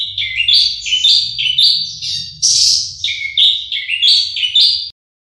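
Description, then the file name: Horsfield's bush lark song, a series of stepped high chirps and buzzy notes in quick phrases, over a low faint hum. Individual bird named Mercy, owned by Om Donny; kept bird. "audio branjangan mercy milik om donny marga omkicau com"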